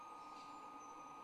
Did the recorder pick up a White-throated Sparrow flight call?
no